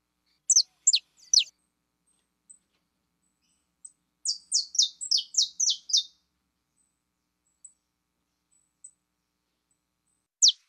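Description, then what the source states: Belgian canary song of high, clipped descending notes, with a rapid run of six or seven chirps in the middle, then mostly quiet with faint ticks, and a final note at the end. Pure-bred Belgian canary singing.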